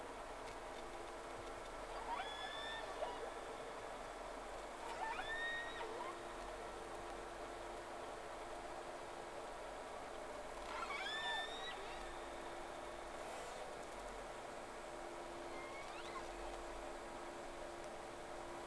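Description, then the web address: Whale calls: several short upswept squeals and tonal chirps at irregular intervals, with a continuous low drone of machinery underneath. Two whales recorded on 3 October 2006 at 11:30, round 1. "Sea Snake 10-3-06 Whales X 2 11-30 Round 1"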